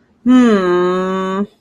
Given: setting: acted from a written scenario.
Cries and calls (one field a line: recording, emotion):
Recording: vocal sound without words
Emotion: confusion